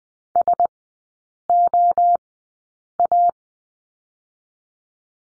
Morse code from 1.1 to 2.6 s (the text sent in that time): O